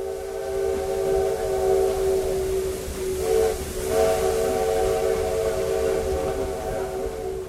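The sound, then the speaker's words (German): A small local steam train's whistle blows steadily for several seconds, a layered harmonic tone with a brief dip in pitch midway, over a constant hiss and rumbling, chugging train noise, as it pulls into the station of Tiradentes, Brazil. “Nach einer halben Stunde fährt sie in den Bahnhof von Tiradentes ein.”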